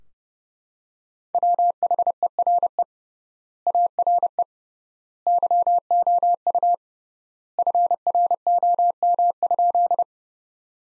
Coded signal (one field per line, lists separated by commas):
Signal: Morse code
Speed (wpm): 29 wpm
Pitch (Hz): 700 Hz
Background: none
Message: WHERE ARE YOU FROM?